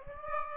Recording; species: mosquito wingbeat signal from an infrared sensor; Aedes aegypti